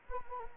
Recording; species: mosquito wingbeat signal from an infrared sensor; Anopheles gambiae